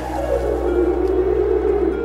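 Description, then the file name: Whale song, a drawn-out low moan with a steady low hum beneath it. "ballenas"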